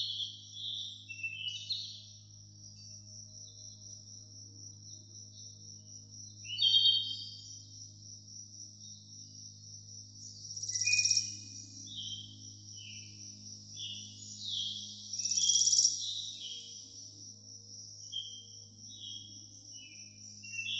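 Birds chirp and twitter throughout in high, bright bursts, with louder calls near 7, 11 and 16 seconds. Beneath them, a soft, steady low hum of music holds a sustained tone without change. A thin, continuous insect-like trill runs along the top.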